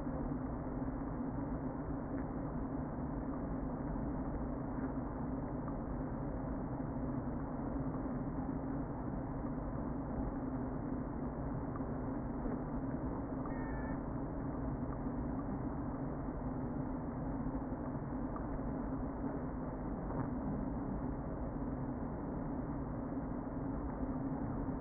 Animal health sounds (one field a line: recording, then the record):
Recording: honeybee colony, microphone inside the hive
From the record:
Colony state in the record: queen present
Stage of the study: before two queens were removed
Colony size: about 60,000 bees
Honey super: yes